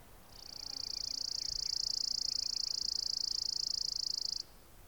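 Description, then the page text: Chipping sparrow delivering a long, unwavering rattle of quick high chips lasting about four seconds. "Richard E Webster - Малая воробьиная овсянка (Spizella passerina)"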